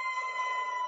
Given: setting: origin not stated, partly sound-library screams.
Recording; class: one-second piece from a danger detection set; woman in danger